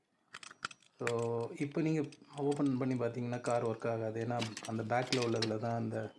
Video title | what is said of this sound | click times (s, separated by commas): car key battery replacement #tamil #diy #carkeys #battery #irelandtamil | இருக்கும், அதை அப்படியே press பண்ணிங்கன்னா உள்ளே போய் லாக் ஆகிடும். | 0.6 s